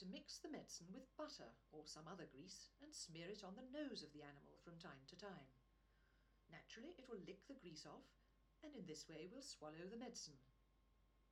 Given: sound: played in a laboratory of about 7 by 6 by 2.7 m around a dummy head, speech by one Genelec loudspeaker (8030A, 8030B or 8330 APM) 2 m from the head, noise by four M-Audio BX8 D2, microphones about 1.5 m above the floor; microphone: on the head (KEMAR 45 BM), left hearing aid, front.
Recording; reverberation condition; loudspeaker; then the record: female speech in English; low; 120 degrees to the left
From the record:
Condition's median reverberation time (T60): about 310 ms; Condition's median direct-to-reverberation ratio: about 3.5 dB